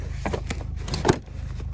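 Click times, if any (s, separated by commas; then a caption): 1.1 s. A child seat's ISOFIX connector arm is pushed onto the ISOFIX anchor bar of a Seat Ateca, and a short series of sharp clicks is heard over a low hum. The connector latches onto the anchor and is confirmed seated, with the main click at 1.1 s.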